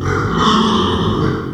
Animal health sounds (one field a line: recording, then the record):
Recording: squeal of a Yucatan mini pig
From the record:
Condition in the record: after surgery on the right vocal fold (resection and tissue-engineered implant)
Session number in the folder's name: 15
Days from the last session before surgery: 175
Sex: female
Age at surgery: 19 weeks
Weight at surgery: 25 kg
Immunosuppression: prednisolone